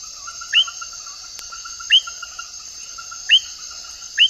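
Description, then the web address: Frog (Vanzolinius discodactylus): frog giving four quick upswept chirps about one to one and a half seconds apart, with a continuous shrill insect chorus and faint pulsing trill behind. Ecuadorian Amazon. "Nature Songs S America Frogs of Ecuadorian Amazon Vanzolinius discodactylus"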